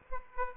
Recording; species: mosquito wingbeat signal from an infrared sensor; Aedes aegypti